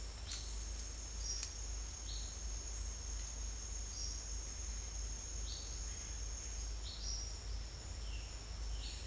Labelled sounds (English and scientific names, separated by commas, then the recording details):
none
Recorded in secondary vegetation near Puerto Asís, Putumayo, Colombia, on 22 December 2024 at 10:30
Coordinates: 0.484, -76.319
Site GP06